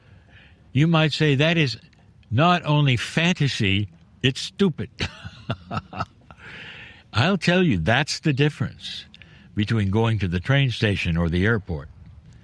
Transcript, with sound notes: You might say, "That is not only fantasy, it's stupid." (laughs) I'll tell you, that's the difference between going to the train station or the airport.